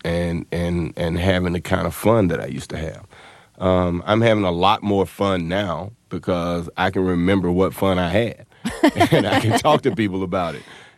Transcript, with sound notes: and having the kind of fun that I used to have. I'm having a lot more fun now because I can remember what fun I had.
(Laughter).
And I can talk to people about it.